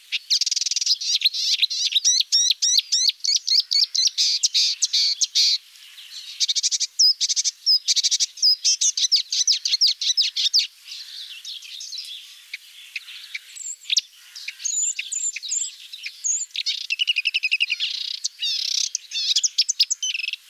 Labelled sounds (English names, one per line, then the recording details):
Marsh Warbler song
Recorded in the wild
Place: Waltershofen / Freiburg im Breisgau, Baden-Württemberg, DE
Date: 2006-06-05
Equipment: MiniDisc Sharp MT 20 H
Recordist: Schwarz, Dieter
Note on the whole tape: Song